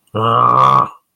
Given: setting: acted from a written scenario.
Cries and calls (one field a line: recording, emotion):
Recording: vocal sound without words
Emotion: anger